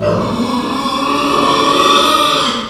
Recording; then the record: squeal of a Yucatan mini pig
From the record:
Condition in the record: after surgery on the right vocal fold (resection and tissue-engineered implant); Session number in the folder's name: 17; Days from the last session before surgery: 195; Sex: female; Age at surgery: 19 weeks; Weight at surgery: 25 kg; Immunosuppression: prednisolone